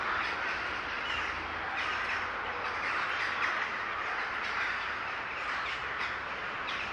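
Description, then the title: Birds gathered and calling nonstop, a dense harsh chorus punctuated by short sharp squawks. Gathering of birds in S. Staszic Park, Łódź. "Ptaki W Parku Im. S. Staszica W Łodzi"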